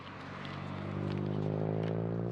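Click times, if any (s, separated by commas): none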